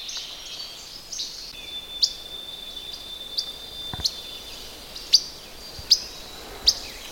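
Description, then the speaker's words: Least Flycatcher call notes: short, sharp high 'whit' notes given roughly once a second, with a thin steady high whistle running behind them. Call note 'whit, whit', distinct from its 'chebec, chebec' song; heard live in the field. "That's actually one of those least flycatchers that goes chebec, chebec, chebec. This is the call note though, whit, whit."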